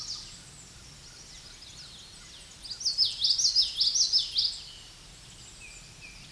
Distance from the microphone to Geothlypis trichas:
about 10 m